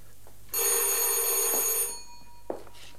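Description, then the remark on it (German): A telephone bell rings loudly in one sustained burst of about a second and a half, bright and metallic with a rattling shimmer, then cuts off, followed by a soft click. “Ich will mich neben das Telefon setzen. Es wird gleich läuten.”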